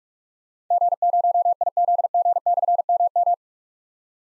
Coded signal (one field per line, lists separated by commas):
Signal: Morse code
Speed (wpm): 44 wpm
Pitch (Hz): 700 Hz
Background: none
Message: G0IZG/MM